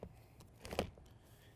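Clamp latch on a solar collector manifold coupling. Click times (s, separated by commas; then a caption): 0.8 s. A clamp latch on a solar collector manifold coupling is pushed on and closed with channel locks. A few faint ticks and scrapes lead up to one sharp, loudest click at 0.8 s, and then it goes quiet. The latch clicks shut and is secure.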